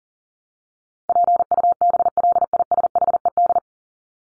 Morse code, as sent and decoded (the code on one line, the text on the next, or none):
.--. ..- -... .-.. .. ... .... . -..
PUBLISHED